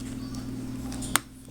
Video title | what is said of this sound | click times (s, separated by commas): EASY Quick FIX PSP CHARGING PORT CONNECTION | that in you hear a click make sure it's clicks on | 1.2 s